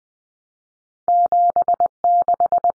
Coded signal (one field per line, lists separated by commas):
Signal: Morse code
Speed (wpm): 20 wpm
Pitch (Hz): 700 Hz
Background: none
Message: 76